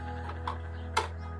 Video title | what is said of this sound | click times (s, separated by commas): How to install the Homelink Garage Door opener on an Indian Pursuit / Challenger | it'll snap in place. | 0.5 s, 1.0 s